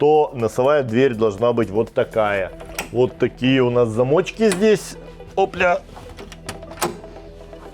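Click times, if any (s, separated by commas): 6.8 s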